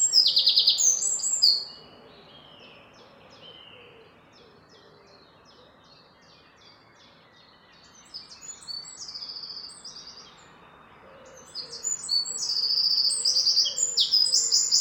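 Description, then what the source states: Several birds chirp and twitter in high, rapid bursts, fading to a soft train of repeated notes midway before lively chirping swells again toward the end. Morning.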